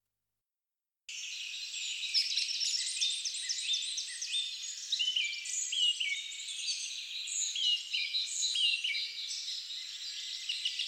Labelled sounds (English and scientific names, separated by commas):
Song Thrush (Turdus philomelos) song